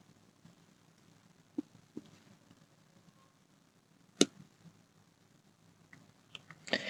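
The internal battery cable connector of an Asus TUF A15 laptop is pushed straight into its socket on the motherboard, and it seats with one sharp click at 4.2 s, connecting the battery. Faint soft taps come before it, and a few small clicks and a short burst of rustling handling noise follow near the end.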